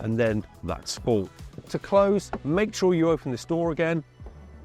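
Someone talks over background music while handling the hinged plastic AdBlue filler flap in the fuel filler recess of a Ford campervan, about to push it closed. The flap has not clipped shut or seated yet.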